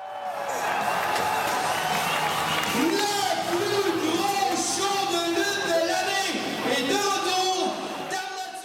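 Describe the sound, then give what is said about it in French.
A wrestling crowd at a ring in Limoilou cheers and shouts, a dense wall of overlapping voices that stays loud and steady for about eight seconds, with individual yells and whoops rising out of the roar. “La foule, éprise de passion et d'exaltation, assiste au théâtre de la justice et de l'injustice.”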